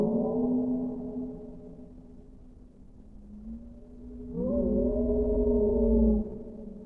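Whale song: a steady low tonal hum fades, then a rising, swelling moan with layered harmonics sounds for two seconds over faint rumble.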